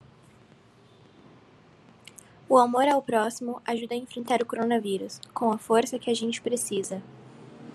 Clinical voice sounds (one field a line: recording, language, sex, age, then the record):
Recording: spoken sentence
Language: Brazilian Portuguese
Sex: female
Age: 18 to 19 years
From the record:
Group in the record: control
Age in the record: 18 years